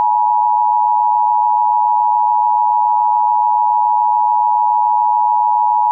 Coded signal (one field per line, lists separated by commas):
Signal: Emergency Alert System (SAME) tones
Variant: 853 and 960 Hz attention tone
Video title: EAS: Pennsylvania Required Monthly Tests (and one RWT fail)(9/17/20)(EAS #476-484)